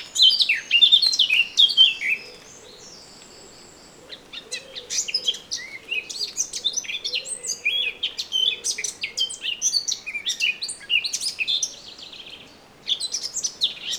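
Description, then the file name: Eurasian blackcap song: rapid, varied warbling phrases of chattering and fluty notes in bursts with short pauses, plus a faint low cooing underneath. "Sylvia atricapilla"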